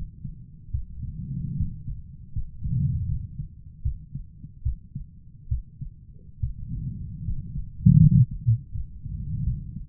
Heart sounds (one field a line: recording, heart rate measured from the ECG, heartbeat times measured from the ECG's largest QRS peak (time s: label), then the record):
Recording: heart sounds by stethoscope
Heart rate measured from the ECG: 76 bpm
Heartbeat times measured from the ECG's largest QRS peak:
0.70 s: heartbeat
1.56 s: heartbeat
2.32 s: heartbeat
3.06 s: heartbeat
3.82 s: heartbeat
4.62 s: heartbeat
5.48 s: heartbeat
6.39 s: heartbeat
7.24 s: heartbeat
7.99 s: heartbeat
8.72 s: heartbeat
9.43 s: heartbeat
From the record:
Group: healthy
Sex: male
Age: 35 years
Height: 178 cm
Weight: 64 kg